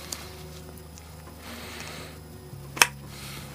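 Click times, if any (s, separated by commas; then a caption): 2.8 s. A torque wrench tightens the next screw on the muffler or carburetor gasket joint of a 1947 Johnson 5 hp TD 20 outboard motor during reassembly after paint. Faint ticks and low hum lead up to one sharp, bright click at 2.8 s as the wrench reaches seven inch-pounds, confirming the screw is torqued.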